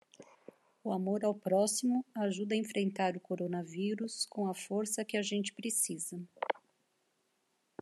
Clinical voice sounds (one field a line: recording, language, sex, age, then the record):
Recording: spoken sentence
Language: Brazilian Portuguese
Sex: female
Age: 50 to 59 years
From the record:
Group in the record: control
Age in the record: 51 years